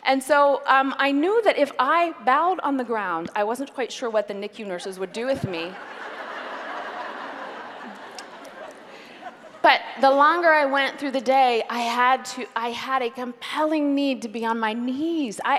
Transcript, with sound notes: And so, if I bowed on the ground, I wasn’t quite sure what the NICU nurses would do with me! (laughter) But the longer I went through the day, I had a compelling need to be on my knees!